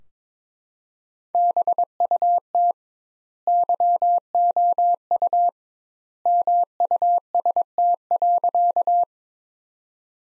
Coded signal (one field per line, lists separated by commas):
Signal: Morse code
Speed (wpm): 21 wpm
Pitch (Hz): 700 Hz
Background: none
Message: BUT YOU MUST.